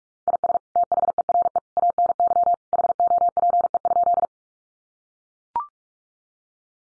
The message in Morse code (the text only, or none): IS THERE ANY HOPE?